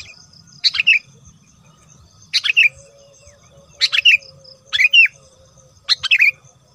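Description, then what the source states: Lovebird calls, five separate sharp chirp clusters spaced about a second or more apart over a faint low hum. Used as a lure sound for trapping birds.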